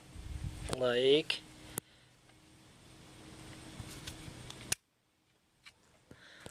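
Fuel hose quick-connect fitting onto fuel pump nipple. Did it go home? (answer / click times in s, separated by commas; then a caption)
yes / 4.7 s. A quick-connect fuel hose fitting is pushed onto the outlet nipple of a replacement electric fuel pump, an aftermarket GM version for a DeLorean. Someone talks at the start, a few small taps follow, and then a sharp snap at 4.7 seconds marks the fitting seating on the pump.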